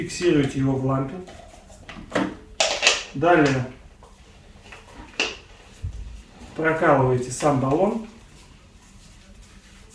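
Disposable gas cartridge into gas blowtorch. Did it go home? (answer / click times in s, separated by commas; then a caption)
yes / 5.2 s. A disposable gas cartridge is inserted, fixed and screwed into a Kemper gas blowtorch body, which pierces the cartridge, while someone talks. Handling knocks are heard around 1.9 to 2.9 s, and a sharp click at 5.2 s marks the cartridge seating, after which it cannot be pulled out of the blowtorch.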